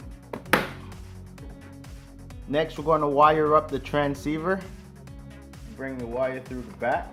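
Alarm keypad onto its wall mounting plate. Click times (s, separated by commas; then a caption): 0.3 s, 0.5 s. A plastic alarm keypad is pressed onto its wall mounting plate after being plugged in, giving a small tick at 0.3 s and a sharp, loud snap at 0.5 s as it seats in place. Afterward someone talks over quiet background music.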